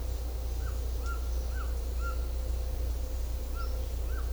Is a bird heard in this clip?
yes